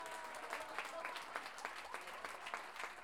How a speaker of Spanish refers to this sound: a quien le damos un aplauso también a cada uno de los participantes de este evento.